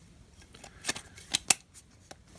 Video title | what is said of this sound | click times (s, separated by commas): Eaglemoss Build The U.S.S. Enterprise NCC-1701-D shipment 1 (Build) | and that clicks into place. | 1.5 s